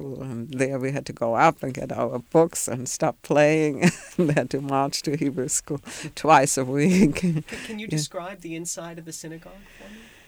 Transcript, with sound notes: And then we had to go out and get our books and stop playing, (she laughs) and we had to march to Hebrew school twice a week.
Can you describe the inside of a synagogue for me?